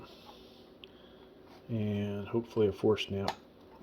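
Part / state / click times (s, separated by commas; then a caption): CPU cooler push pin into motherboard mounting hole / not seated / none. A plastic push pin of the stock cooler for an i3-12100F is pressed into a mounting hole on a Gigabyte B760M DS3H LGA 1700 motherboard. Faint handling noise with a brief sharp tick at 0.8 s is followed by someone talking. The pin has not seated or clicked yet.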